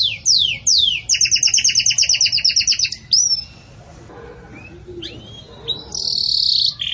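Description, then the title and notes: Canary song: a few swooping notes, then a long even rolling trill of paired tones, a pause, and a bright high buzzy phrase at the end. Belgian canary singing pure "campainha" song, with pauses, for training. "Canto Canário Belga Campainha Puro Com Pausa Para Treinamento. CANARIO BELGA"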